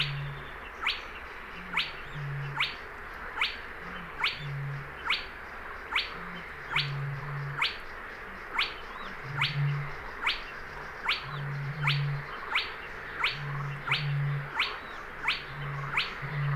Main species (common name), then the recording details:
Spotted Crake. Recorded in the wild. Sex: pair. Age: adult. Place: Kützerhof, Kummerower See, Mecklenburg-Vorpommern, DE. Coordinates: 53.8503, 12.8789. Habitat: wetland. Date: 2008-06-10. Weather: ca. 15°C, fast windstill. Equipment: Sound Devices 702, Sennheiser MKH 70, Windkorb. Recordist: Frommolt, Karl-Heinz. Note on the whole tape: Wiedervernässungsfläche Polder Große Rosin, an Straße von Kützerhof nach Aalbude in Höhe der 2. Bank, südlich des Dammes: Rufe eines Tüpfelsumpfhuhns. Das Tier rief in unmittelbarer Nähe des Männchens. Entfernung ca. 10 m. Sehr gute Aufnahmequalität